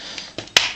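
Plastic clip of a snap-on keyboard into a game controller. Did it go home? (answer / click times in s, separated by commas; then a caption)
yes / 0.6 s. A plastic clip of a snap-on chat keyboard is pressed onto a game controller. A few faint ticks at 0.2, 0.4 and 0.5 seconds lead up to one sharp, loud click at 0.6 seconds as the clip snaps home. The keyboard is seated and holds firmly.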